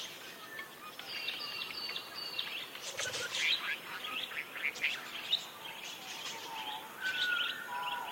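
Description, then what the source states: Parakeet flock calls, softer twittering and squeaky chirps, with a few clearer whistled notes and sharper bursts mid-way. A flock of parakeets calling together.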